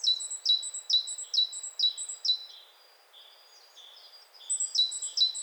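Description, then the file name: Great tit giving a steady series of ringing, falling notes roughly twice a second, a brief lull with lower notes, then the series starts again. "Parus major"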